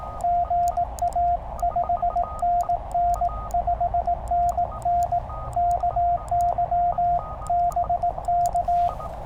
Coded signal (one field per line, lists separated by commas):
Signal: Morse code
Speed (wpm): 18 wpm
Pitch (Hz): 700 Hz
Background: radio noise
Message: GA 5NN 5NN KY BK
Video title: Beating the rain | CW QRP POTA at US-3786 #hamradio #amateurradio #morsecode